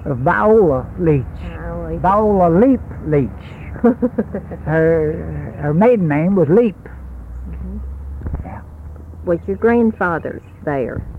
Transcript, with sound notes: Viola Leach, Viola Leap Leach. [Laughs] Her maiden name was Leap.
Was your grandfather’s there?